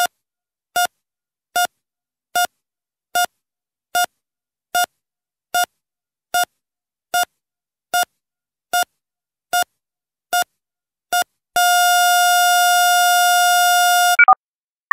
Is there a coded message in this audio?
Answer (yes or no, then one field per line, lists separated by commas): no